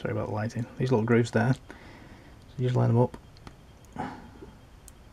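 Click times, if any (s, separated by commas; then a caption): 4.9 s. A lugged plastic limb part is lined up with its little grooves and pushed into the figure's joint while someone talks. After a pause, a short, sharp click at 4.9 seconds shows the part has seated.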